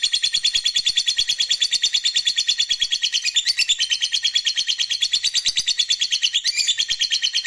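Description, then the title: Lovebird in a sustained high, chattering trill of evenly repeated sharp notes running nonstop. Fighter-type lovebird performing ngekek panjang, a long continuous trill. "Begitu Dengar Suara Lovebird FIGHTER NGEKEK PANJANG"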